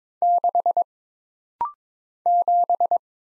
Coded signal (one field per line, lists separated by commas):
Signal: Morse code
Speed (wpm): 22 wpm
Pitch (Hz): 700 Hz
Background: none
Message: 6 7